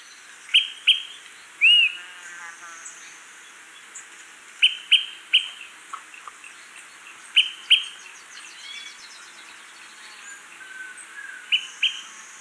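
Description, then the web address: Smoke-colored Pewee calls: sharp paired pip notes in short bursts, separated by pauses of a few seconds, over a steady high background hiss. Ecuador. "Birds of Ecuador. Smoke-colored Pewee"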